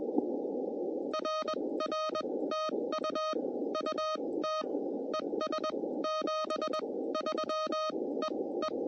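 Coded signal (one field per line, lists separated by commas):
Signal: Morse code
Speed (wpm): 21 wpm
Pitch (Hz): 1250 Hz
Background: none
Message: RR TU UT ES 73 EE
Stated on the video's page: CW during a Parks on the Air activation.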